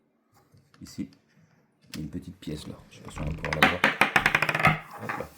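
A .68 calibre ball is handled at the loading port of a Steambow B08 Tactical crossbow, where a small retaining part will hold it in place. Someone talks while soft handling noises build into a quick run of sharp taps and rattles around 4.2–4.7 s. The ball has not yet snapped past the retaining catch, and nothing has seated or clicked yet.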